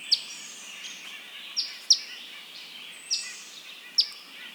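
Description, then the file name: Eastern Phoebe producing quick, piercing chip notes in a loose series over a low hiss of background sound. "Eastern Phoebe - Sayornis phoebe"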